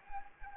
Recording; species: mosquito wingbeat signal from an infrared sensor; Anopheles gambiae